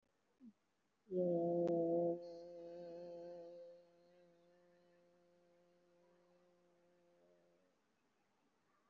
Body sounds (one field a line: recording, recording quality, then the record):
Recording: sustained vowel as in made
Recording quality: excellent, no background noise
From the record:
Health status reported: COVID-19 positive, mild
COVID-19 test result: positive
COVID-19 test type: RT-PCR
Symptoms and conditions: fever, loss of smell and taste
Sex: female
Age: 48 years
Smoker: no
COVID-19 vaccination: both doses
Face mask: worn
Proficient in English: yes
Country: India